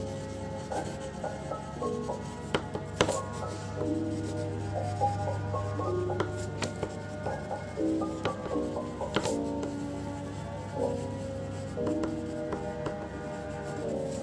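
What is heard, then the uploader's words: Soft background music plays throughout, with a steady low drone under a simple melody of held mid-range notes that step up and down. Brief sharp taps and scratchy clicks break in now and then, most clearly near 3, 6.5 and 9 seconds. Bg music and scribbling sounds.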